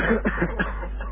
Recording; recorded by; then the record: voluntary cough; telephone call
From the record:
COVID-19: positive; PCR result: checked with the laboratory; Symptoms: no